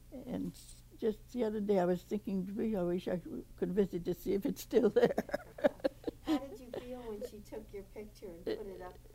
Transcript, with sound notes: And just the other day, I was thinking, 'Gee, I wish I could visit to see if it's still there.' [laughs]
How did you feel when she took your picture and put it up?